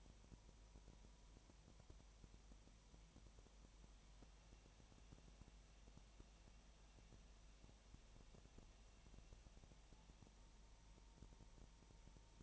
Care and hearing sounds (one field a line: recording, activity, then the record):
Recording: daily activity, microphone in the room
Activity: no activity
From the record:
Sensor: 1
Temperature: 19.7 degrees Celsius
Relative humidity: 37.0%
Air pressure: 1007.2 hPa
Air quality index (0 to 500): 144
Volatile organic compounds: 5 ppm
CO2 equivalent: 1761 ppm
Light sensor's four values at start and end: 1/2/1/1 and 1/2/1/1